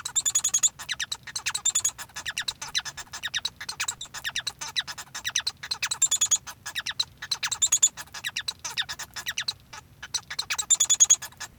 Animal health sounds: song of a male Bengalese finch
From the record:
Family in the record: son of father 1

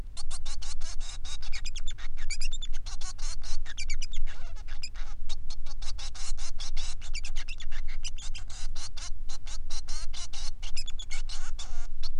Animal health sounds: song of a male Bengalese finch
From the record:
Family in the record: son of father 3

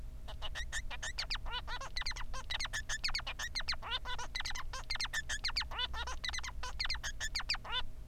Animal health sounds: song of a male Bengalese finch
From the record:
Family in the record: son of father 3

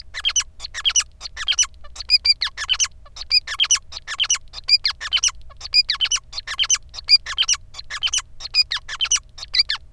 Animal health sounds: song of a male Bengalese finch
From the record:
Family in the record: son of father 5

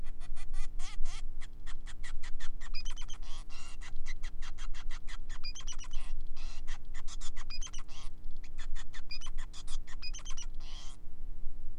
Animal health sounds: song of a male Bengalese finch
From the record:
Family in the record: son of father 5

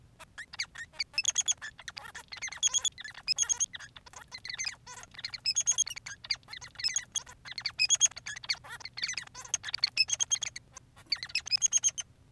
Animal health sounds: song of a male Bengalese finch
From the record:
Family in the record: son of father 3

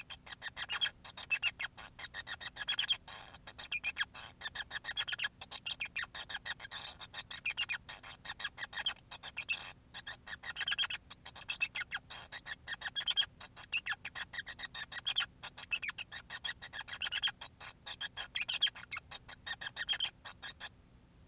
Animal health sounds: song of a male Bengalese finch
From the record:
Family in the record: son of father 5

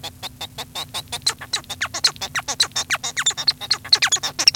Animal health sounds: song of a male Bengalese finch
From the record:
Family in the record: son of father 1

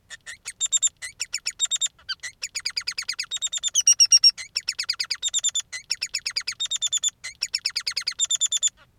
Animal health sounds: song of a male Bengalese finch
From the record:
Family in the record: son of father 3

